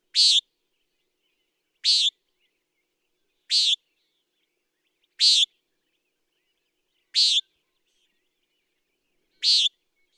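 Common nighthawk repeating a short, buzzy nasal peent six times, about every two seconds, steady and evenly spaced in a quiet setting.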